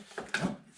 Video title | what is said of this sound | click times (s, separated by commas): Maintenance and Winter Preparation For My Toyota Corolla 2013 And Also Fall Leaf Blowing Action | it's not fully seated so it must be like this | 0.3 s